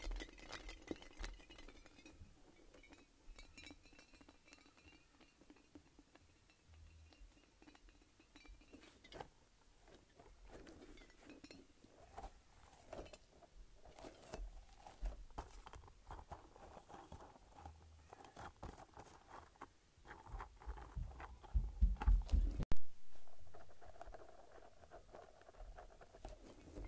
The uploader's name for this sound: Squishing and Shaking a Light-Up Ball